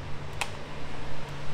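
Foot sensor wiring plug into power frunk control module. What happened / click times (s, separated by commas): The wiring connector clicked into the module / 0.4 s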